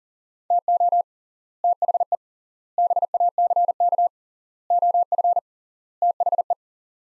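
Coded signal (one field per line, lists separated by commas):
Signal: Morse code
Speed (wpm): 37 wpm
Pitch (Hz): 700 Hz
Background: none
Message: TO THE BACK OF THE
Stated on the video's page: Morse practice in sets of five words at 40 wpm with 3x word spacing, a Farnsworth-like method using words.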